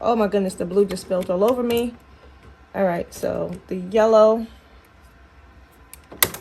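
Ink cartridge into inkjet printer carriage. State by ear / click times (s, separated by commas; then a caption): seated / 6.2 s. A yellow sublimation ink cartridge is pushed into its matching slot in the carriage of a converted inkjet printer while someone talks. After a few seconds of quiet handling, a sharp click at 6.2 s shows the cartridge snapping home and seated.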